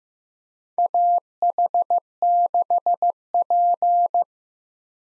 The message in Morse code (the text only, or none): AH6P